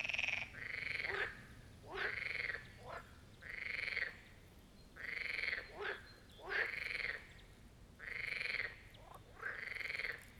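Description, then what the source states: Marsh frog croaking: several rattling bursts about a second long, each often preceded by a short, sharp note. A chorus at the Birkensee, Schönbuch, Germany, recorded on one of the first proper hot summer days of 2023.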